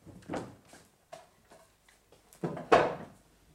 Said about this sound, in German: Die Stühle alle noch auf den Tischen. Das stört mich nicht. Ich nehme mir einen runter.